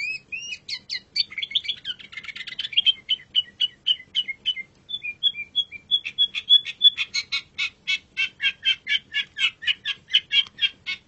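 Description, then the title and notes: Long-tailed shrike song: a long, fast, varied chatter of high chirps and rattling notes, which briefly slows to clear pips and then speeds up again. Model song used for training birds. "Masteran Burung Cendet"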